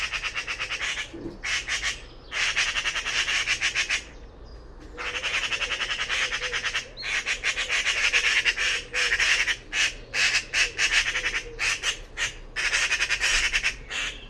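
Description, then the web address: Bird chatters almost continuously in long rasping bursts of rapid pulses, broken by short pauses throughout. "cianscape birddata Deverinetal 2025"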